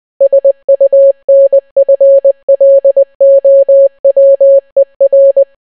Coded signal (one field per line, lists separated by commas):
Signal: Morse code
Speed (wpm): 20 wpm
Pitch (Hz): 550 Hz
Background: none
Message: SUNFLOWER